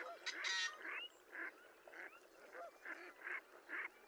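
Yellow-headed blackbird: a loud buzzy rasp near the start, then harsh nasal notes repeated roughly every half second.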